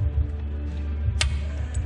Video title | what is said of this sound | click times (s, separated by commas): How To: 6.7 Cummins Head Gasket Replacement (part 2/2 Install) | I just use my two thumbs and you're just gonna push it down and you're gonna feel it snap into place just | 1.2 s